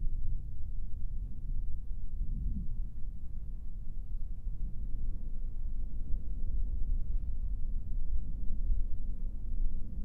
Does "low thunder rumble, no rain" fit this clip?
yes